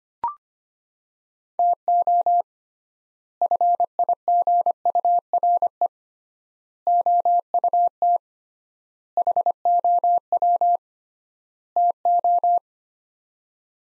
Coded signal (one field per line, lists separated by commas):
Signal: Morse code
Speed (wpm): 25 wpm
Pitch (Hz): 700 Hz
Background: none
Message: TO FIGURE OUT HOW TO